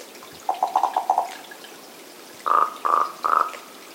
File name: Common Raven - Corvus corax